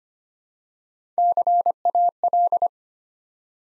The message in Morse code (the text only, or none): CAL